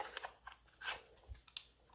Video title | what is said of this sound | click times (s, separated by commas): Can a Budget Camcorder Shoot in 2K? Yatao 48MP Vlogging Camera Tested for YouTube & Webcam Use | and click set in. | 1.6 s